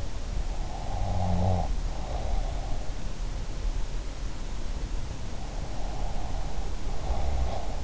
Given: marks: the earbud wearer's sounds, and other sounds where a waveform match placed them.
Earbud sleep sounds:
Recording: sounds in sleep by an in-ear microphone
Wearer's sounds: snoring breath, breath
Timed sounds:
0.66-2.54 s: snoring breath
5.61-7.83 s: breath

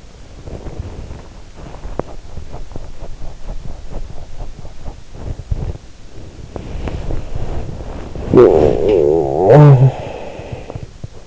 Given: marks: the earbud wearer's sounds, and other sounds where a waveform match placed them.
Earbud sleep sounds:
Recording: sounds in sleep by an in-ear microphone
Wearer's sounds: body movement, teeth grinding, talking in sleep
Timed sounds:
0.20-2.23 s: body movement
2.23-5.41 s: teeth grinding
5.53-11.27 s: body movement
8.10-10.10 s: talking in sleep

